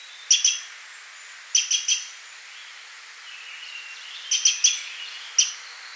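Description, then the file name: Eurasian wren uttering sharp, high tick notes in quick groups of one to four, with pauses between bursts and faint background hiss. "Troglodytes troglodytes"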